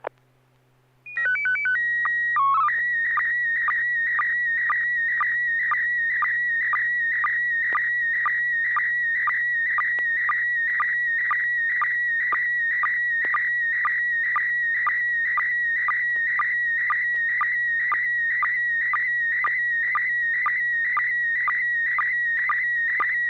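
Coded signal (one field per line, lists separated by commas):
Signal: SSTV (slow-scan television)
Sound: short alternating beeps, a steady tone, a warbling code burst, then a long scratchy warbling scan with regular ticks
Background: low hum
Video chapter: and6 pgq almost perfect reception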